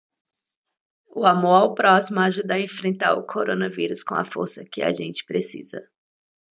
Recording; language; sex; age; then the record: spoken sentence; Brazilian Portuguese; female; 30 to 39 years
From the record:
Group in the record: control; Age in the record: 38 years